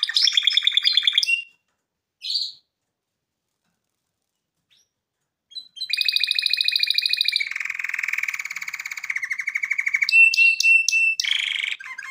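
Canary song, a rapid trill, a pause of silence, then sustained rolling and buzzy trills with sharp repeated notes toward the end.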